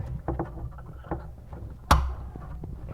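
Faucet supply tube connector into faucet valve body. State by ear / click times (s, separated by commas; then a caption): seated / 1.9 s. A plastic supply tube connector on a Moen lavatory faucet is pushed by hand into the port on the faucet valve body. A few light knocks and handling sounds come first, around 0.3, 0.4 and 1.1 seconds. A loud, sharp snap at 1.9 seconds marks the connector clicking fully into place, and it is seated.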